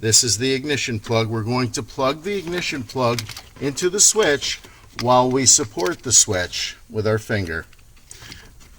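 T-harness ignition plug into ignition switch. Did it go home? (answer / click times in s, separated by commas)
yes / 8.1 s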